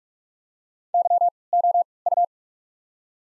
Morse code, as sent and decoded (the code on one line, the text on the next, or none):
-.-- / --- / ..-
Y O U